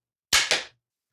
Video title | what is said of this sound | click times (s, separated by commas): This Tripod Solves a Problem You Didn't Know You Had | And then you got to make sure you hold this up, and it just snaps right into place. | 0.3 s